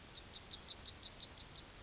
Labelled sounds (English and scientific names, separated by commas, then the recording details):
Yellowhammer (Emberiza citrinella) song
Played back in grassland
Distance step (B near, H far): E
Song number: 008